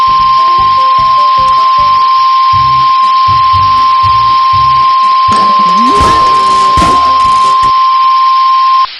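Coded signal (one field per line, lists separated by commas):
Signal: Emergency Alert System (SAME) tones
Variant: 1050 Hz attention tone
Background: music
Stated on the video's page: Real tornado warning for North Carolina, received amid a run of severe thunderstorm warnings.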